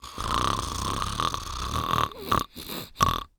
Human Male Snoring.